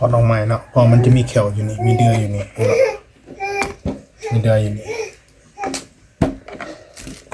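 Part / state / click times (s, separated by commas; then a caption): smartphone housing part onto its locating pegs / not seated / none. A Samsung A03S smartphone housing part that was taken off again because of its hooks and pegs is handled over its plastic locating pegs while someone talks, with a few brief handling taps between the words. Nothing has seated or clicked yet.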